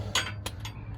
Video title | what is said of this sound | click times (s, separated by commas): Nissan Altima Lower Control Arm Replacement 2007-2012 | Okay, so I'm just gonna keep going until you hear a click just like that. | 0.1 s